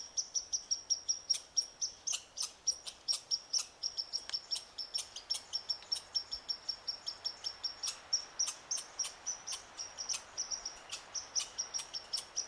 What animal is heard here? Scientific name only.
Tamiasciurus hudsonicus